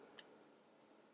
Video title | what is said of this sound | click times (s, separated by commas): Tendre poison review | it doesn't snap in place | none